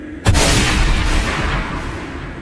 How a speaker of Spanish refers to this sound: Con un solo disparo de la escopeta de su padre, se aseguró de que los cuatro dejaran este mundo al mismo tiempo.